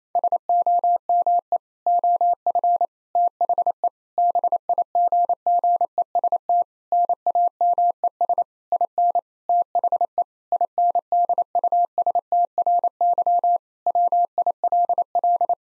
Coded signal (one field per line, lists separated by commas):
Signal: Morse code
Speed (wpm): 28 wpm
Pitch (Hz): 700 Hz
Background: none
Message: SOME OF THE BIGGEST NAMES IN THE INDUSTRY WILL